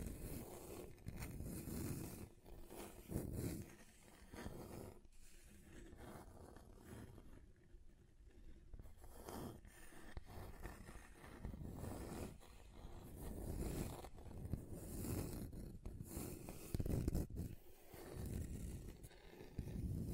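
Scratching across a table's surface, with dense, uneven rasping strokes in bursts, a quieter stretch near eight seconds, then louder scrapes toward the end.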